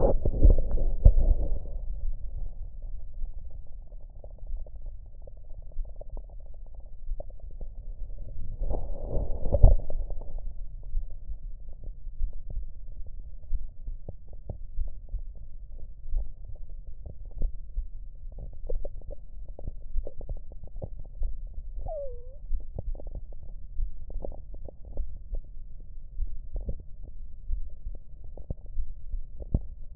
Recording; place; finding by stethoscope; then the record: heart sounds by stethoscope; tricuspid valve (TV); normal heart sounds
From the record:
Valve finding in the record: normal valve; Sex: female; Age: 50 years